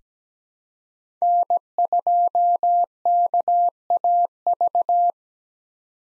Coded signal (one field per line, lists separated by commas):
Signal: Morse code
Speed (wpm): 17 wpm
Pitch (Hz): 700 Hz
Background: none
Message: N2KAV